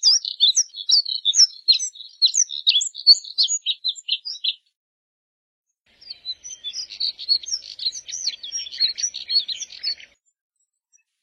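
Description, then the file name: Moussier's redstart song: two bursts of quick, high twittering warble, each several seconds long, separated by a short pause. "Canto do Redstart de Moussier"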